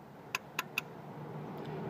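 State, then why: Torque reached. An oil filler cap is screwed back onto a car engine's valve cover and tightened until its built-in ratchet clicks, confirming the cap is done up properly. Three sharp, bright ratchet clicks land at about 0.4, 0.6 and 0.8 seconds over a low, steady background hiss that grows slightly louder toward the end.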